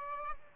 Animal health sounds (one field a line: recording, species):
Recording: mosquito wingbeat signal from an infrared sensor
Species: Aedes albopictus